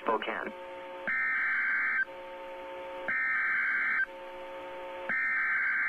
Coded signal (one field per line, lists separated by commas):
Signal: Emergency Alert System (SAME) tones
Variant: header bursts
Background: speech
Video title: Real EAS #425 - Severe Thunderstorm Warning